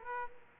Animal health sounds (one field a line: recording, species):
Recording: mosquito wingbeat signal from an infrared sensor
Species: Aedes aegypti